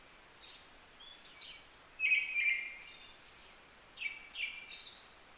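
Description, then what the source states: Brown-headed thrush song: a clear low warbled phrase followed by softer high thin notes, heard twice over a faint hiss. Recorded 15 May 2010 at 18:56.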